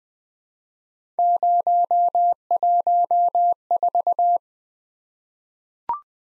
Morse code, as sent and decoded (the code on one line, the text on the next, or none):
----- .---- ....-
014